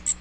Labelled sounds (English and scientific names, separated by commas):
Magnolia Warbler (Setophaga magnolia) flight call